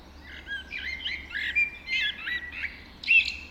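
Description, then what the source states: Birds in a dawn chorus, several overlapping high chirps, twitters and short whistled phrases, with a bright whistled note near the end over a quiet background. Dawn chorus recorded just after dawn in the Forest of Dean.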